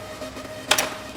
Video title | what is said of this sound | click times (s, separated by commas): വാതിലുകൾക്കും ജനലുകൾക്കുമുള്ള UPVC പാനലുകൾ \ UPVC Panels For Doors & Windows | അപ്പൊ lock ആയി ഓക്കേ | 0.7 s, 0.8 s